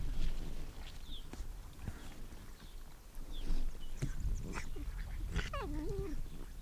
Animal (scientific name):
Vulpes lagopus